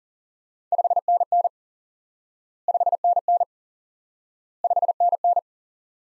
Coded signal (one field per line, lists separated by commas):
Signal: Morse code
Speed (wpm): 37 wpm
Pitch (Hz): 700 Hz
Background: none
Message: 5NN 5NN 5NN